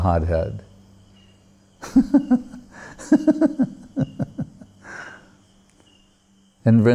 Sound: laughing